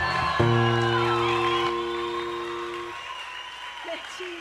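audience applause and cheering

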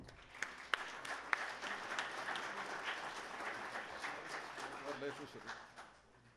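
audience applause

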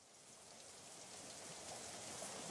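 rain falling

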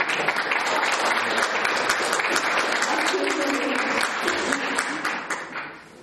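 audience applause

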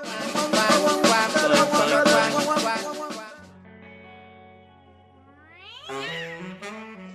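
cat meowing and hissing

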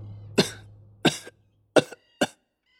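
two low coughs

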